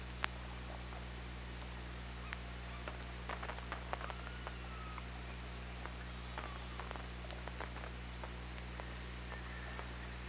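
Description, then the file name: Killer whale sounds: scattered sharp clicks and a few faint short tonal calls over a low droning hum. Underwater hydrophone at OrcaLab, 24 August 2017, around 18:05. "Orca Lab 20170824 180539"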